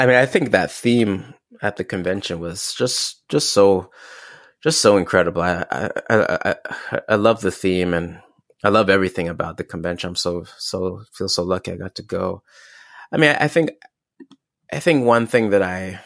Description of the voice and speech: Cherishing Stuttering. Stuttering as an heirloom. The inherited genetic trait.